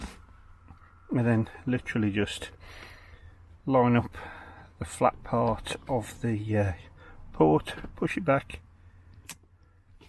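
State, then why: Seated. A replacement USB-C port module is lined up by its flat side and pushed back into the rear console trim panel opening of a Jaguar I-Pace while someone talks. A short, sharp click at 9.3 s marks the module seating into place in the trim panel.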